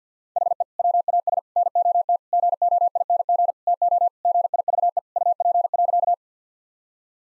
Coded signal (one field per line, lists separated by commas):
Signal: Morse code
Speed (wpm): 49 wpm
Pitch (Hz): 700 Hz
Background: none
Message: HE WAS NOT GOING TO GIVE UP.